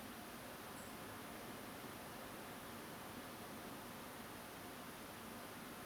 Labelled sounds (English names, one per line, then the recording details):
Song Thrush
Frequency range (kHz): Song Thrush 7.5-10.4 kHz
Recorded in France